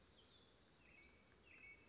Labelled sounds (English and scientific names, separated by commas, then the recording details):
Western Flycatcher (Empidonax difficilis)
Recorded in Sonoma County, California